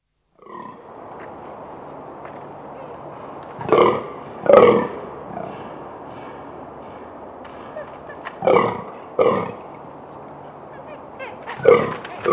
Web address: fallow deer